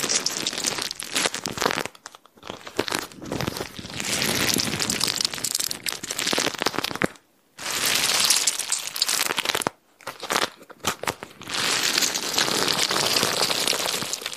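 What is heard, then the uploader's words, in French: An insulated bag filled with small blue beads is handled, giving dense, bright crinkling and rustling that pours on in long bursts. Short silent gaps break it near two, seven and ten seconds, with quieter shuffling after each before the crumpling swells again. Je te relaxe avec une poche thermique remplie de billes bleues ! Sons d'une poche thermique remplie de billes bleues.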